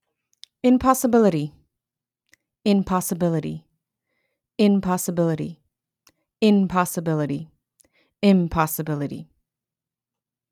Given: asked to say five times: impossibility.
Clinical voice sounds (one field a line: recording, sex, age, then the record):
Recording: repeated word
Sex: female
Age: 30 to 39 years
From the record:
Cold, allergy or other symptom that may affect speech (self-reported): no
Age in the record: 36 years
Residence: California, United States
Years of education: 16